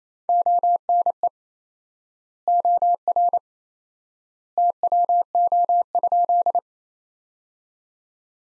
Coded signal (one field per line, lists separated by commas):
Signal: Morse code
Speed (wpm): 28 wpm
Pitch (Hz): 700 Hz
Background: none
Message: ONE OR TWO?